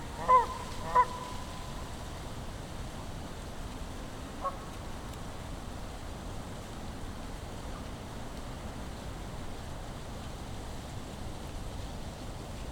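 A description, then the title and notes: Outdoors at a quiet natural spot, a steady low rumble and hiss fill the background. Near the start, two loud honking calls sound about half a second apart, with a fainter honk around four seconds; afterward only the even, unchanging wash continues. Sounds of Sleeping Bear Dunes: Tranquility Interrupted on Otter Creek. Location: Sleeping Bear Dunes National Lake Shore. Recording Device: Zoom F3. Microphone(s): Audio Technica BP 4025.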